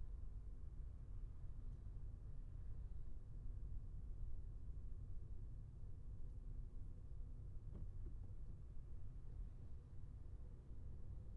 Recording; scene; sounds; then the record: everyday scene through a hearing-aid microphone; in a vehicle; engine, traffic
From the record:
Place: Skoda Fabia, gasoline engine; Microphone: behind the ear, left, rear